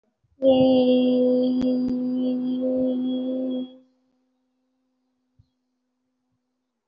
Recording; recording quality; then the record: sustained vowel as in made; excellent, no background noise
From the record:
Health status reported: COVID-19 positive, moderate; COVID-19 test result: positive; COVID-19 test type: RT-PCR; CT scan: taken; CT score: 1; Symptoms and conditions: fever, fatigue, loss of smell and taste, another condition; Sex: female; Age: 30 years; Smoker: no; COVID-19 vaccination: both doses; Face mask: worn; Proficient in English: yes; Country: India